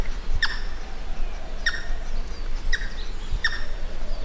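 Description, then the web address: Pheasant calling with short, scratchy notes about once a second, half buried under constant low rumbling noise. "animal-sound pheasant-sound"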